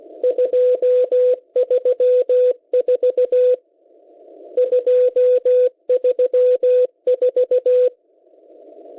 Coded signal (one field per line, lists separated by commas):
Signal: Morse code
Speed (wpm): 16 wpm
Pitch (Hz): 500 Hz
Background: radio noise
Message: 234 234